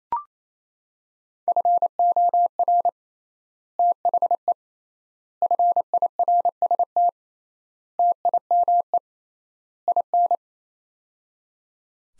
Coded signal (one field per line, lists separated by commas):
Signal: Morse code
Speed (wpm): 28 wpm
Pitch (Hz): 700 Hz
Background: none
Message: FOR THE FIRST TIME IN